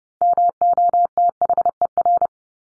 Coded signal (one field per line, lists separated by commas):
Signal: Morse code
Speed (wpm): 30 wpm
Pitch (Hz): 700 Hz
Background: none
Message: MOTHER